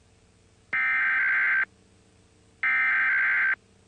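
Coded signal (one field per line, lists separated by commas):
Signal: Emergency Alert System (SAME) tones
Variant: header bursts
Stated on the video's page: EAS required weekly test aired during a 1999 public TV program break.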